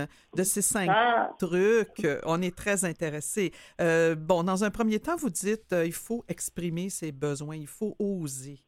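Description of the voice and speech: A woman speaks French fluently and clearly, at a moderate pace with a mid-range voice and brief natural pauses. Her voice is clear and steady.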